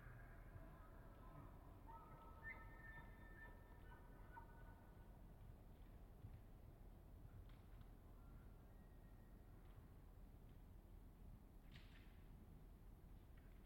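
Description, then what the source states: Elk bugle, faint drawn-out whistled tones with stacked harmonics in the first few seconds, then only low background rumble. Bulls bugling with cows in the distance, Colockum Wildlife Area, last week before firearm hunting season; distant bugles reverberate off hillsides and forest.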